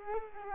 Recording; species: mosquito wingbeat signal from an infrared sensor; Culex quinquefasciatus